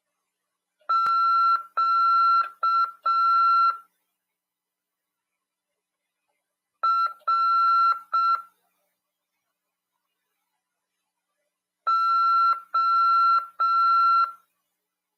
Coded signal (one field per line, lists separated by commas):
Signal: Morse code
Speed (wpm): 6 wpm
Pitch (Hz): 1350 Hz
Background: none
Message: QRO